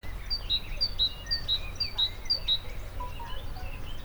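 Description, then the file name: Great tit giving a fast series of high two-note phrases, several repeats, then fainter scattered notes, with a steady low rumble underneath. "Parus major"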